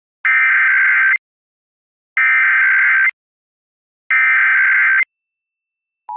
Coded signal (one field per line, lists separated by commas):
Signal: Emergency Alert System (SAME) tones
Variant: header bursts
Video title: THE HAMMER CRUSHES JACK FRITZ! Reacting to Joe vs. Jack Round 5